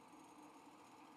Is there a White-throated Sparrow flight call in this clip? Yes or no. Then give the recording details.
no. No flight call is heard. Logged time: 09:37 on 5 December 2014